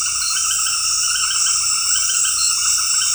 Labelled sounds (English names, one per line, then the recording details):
none
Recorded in dense forest near Puerto Asís, Putumayo, Colombia, on 19 February 2024 at 20:30
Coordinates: 0.484, -76.317
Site G6464